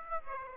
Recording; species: mosquito wingbeat signal from an infrared sensor; Aedes aegypti